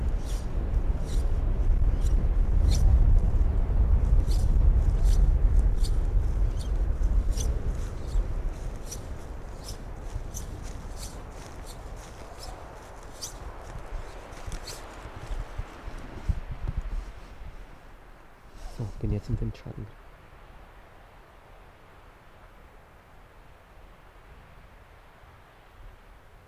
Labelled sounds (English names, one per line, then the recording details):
Arctic Fox
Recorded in the wild
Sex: male
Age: adult
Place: Insel Mednyi, Kommandeur-Inseln, RU
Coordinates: 54.5167, 168.083
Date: 1999-06-22 18:45
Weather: Nebel, 4°C, z.T. starker Wind
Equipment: Sony WM-D6C, Sennheiser ME 80, Windkorb, Kopie Sony TCD-D8
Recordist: Frommolt, Karl-Heinz